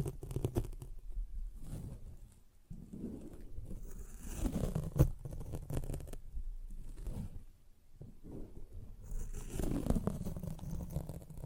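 A sponge is rubbed, scratched and squeezed in short, uneven strokes of rough, low scraping. Near-silent breaks fall at about 2.5 and 7.5 seconds. Sharp clicks and crackles come through, and bursts of brighter hiss arrive around 4, 5 and 9–10 seconds.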